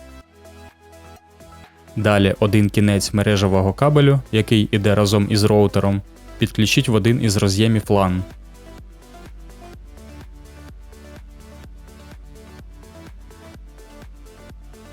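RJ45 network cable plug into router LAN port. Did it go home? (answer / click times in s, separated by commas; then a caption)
no / none. One end of the RJ45 network cable supplied with a TP-Link TL-WR882N router is being brought to one of the router's LAN ports while someone talks over steady background music. The talking stops around 8 s and the music continues to the end. Nothing has seated or clicked yet.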